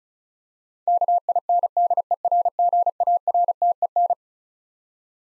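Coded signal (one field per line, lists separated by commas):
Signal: Morse code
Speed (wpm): 36 wpm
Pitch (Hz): 700 Hz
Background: none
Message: KINDERGARTEN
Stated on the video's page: Twelve-letter word head-copy practice at 35 wpm, each word sent in Morse twice.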